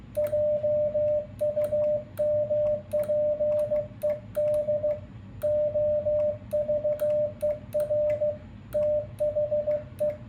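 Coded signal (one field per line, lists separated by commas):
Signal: Morse code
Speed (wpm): 16 wpm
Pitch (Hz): 600 Hz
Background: radio noise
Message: JUMPED OVER THE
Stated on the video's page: Iambic keying demonstration with CW paddles.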